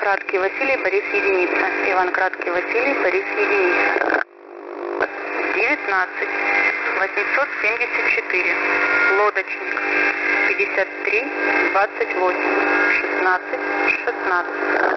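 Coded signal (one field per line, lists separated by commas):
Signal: coded military voice message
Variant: Russian, The Pip net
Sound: russian male voice over shortwave reads callsigns, numbers and a codeword, repeated twice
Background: radio static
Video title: The Pip sub FRQ Voice Message February 26, 2021 11:39 UTC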